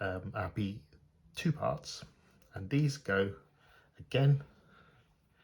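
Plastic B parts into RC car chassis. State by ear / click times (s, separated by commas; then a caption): not seated / none. Someone talks while handling two small plastic B parts about to go onto the front of a Tamiya Delta Integrale XV-01 RC car chassis during build step 33. Nothing has seated or clicked into place yet.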